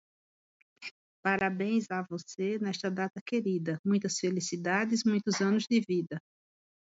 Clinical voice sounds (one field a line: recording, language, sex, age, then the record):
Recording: short text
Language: Brazilian Portuguese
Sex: female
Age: 50 to 59 years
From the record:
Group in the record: control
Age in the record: 52 years